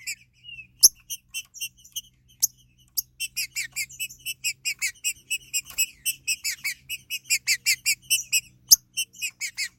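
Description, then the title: Green-winged saltator song, starting sparse then building into a fast, steady run of clipped, ringing notes, with occasional sharp clicks and a faint low hum. "Trinca Ferro"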